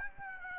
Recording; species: mosquito wingbeat signal from an infrared sensor; Aedes aegypti